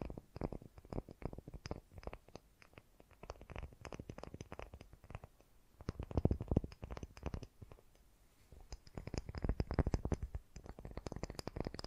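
Fast, gentle tapping runs in quick soft bursts with short pauses between them. The taps are dense and irregular, with low thudding under lighter clicks. Louder clusters come around six seconds and again after nine seconds, with a faint hiss between.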